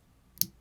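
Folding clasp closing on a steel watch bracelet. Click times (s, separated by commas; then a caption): 0.4 s. The steel folding clasp on the bracelet of a Zodiac Super Sea Wolf World Time watch is folded over to secure it. It gives a sharp, bright click at 0.4 s as it locks shut, followed by a much fainter tick at about 0.6 s. The clasp is closed and seated.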